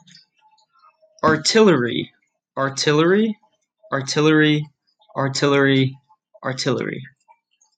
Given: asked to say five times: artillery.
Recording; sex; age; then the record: repeated word; male; 20 to 29 years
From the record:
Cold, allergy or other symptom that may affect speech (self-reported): no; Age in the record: 24 years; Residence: Alabama, United States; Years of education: 20